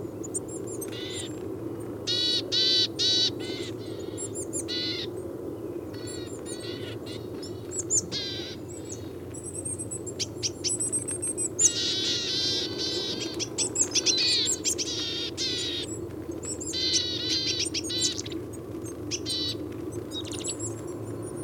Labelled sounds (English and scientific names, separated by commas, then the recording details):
Willow Tit (Poecile montanus) call
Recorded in the wild
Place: Groß Nemerow, Mecklenburg-Vorpommern, DE
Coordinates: 53.448, 13.219
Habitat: Forest
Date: 1982-03-24 08:45
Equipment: Nagra III BH, Sennheiser MD 21, parabola
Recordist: Schubert, Michael
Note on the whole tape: Viele verschiedene Rufe einer Weidenmeise und bei Streit eines Paares